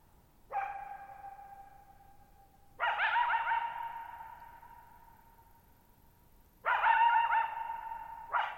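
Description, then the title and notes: Coyote with a sharp bark, then two long wavering yip bursts that ring on and fade slowly, and another bark starting at the end. Lone coyote calling at night, July 14, 2019, near Thirtymile Meadows, Okanogan National Forest, Okanogan High Country, Pacific Northwest, 6400 ft (1950 m), shallow bowl-shaped meadow on a high dry plateau. "Lone Coyote at Thirtymile Meadows. night of July 14, 2019, camped near Thirtymile Meadows in the Okanogan National Forest at 6400 ft (1950 m)"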